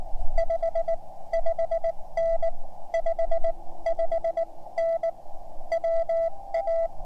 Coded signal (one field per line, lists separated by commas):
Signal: Morse code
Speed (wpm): 19 wpm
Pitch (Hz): 690 Hz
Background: none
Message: 55N 55N WA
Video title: My Morse Code Journey: Cheyenne Mountain